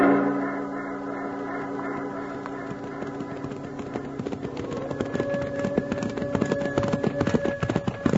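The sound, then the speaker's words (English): Rapid, clattering hoofbeats of galloping horses, ridden in pursuit, build up and grow steadily louder, mixed with sustained tonal music that plays throughout, with no one speaking. “Let's grab our horses and light out after it.”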